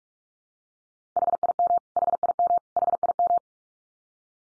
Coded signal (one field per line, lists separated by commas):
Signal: Morse code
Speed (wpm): 44 wpm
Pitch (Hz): 700 Hz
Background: none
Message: HIM HIM HIM